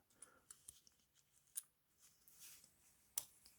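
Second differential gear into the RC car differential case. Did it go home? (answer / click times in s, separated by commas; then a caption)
yes / 3.2 s. While rebuilding the front differential of a Hobbytech NXT Evo 4s RC car after filling it with 7000 oil, the second gear/outdrive is pushed into the differential case. A few light clicks and handling noises come first, then a sharp short knock at 3.2 s as the gear seats properly in the housing.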